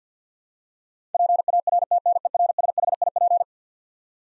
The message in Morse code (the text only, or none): PARTNERSHIP